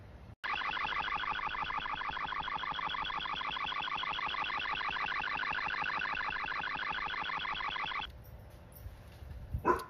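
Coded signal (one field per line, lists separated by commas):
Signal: unidentified radio signal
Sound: loud rapid warbling, chirping multi-tone pattern for about eight seconds, then radio hiss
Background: radio static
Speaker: technology to try and stop their ancient technology. We'll see how that works out. Here's the, uh, jamming signal.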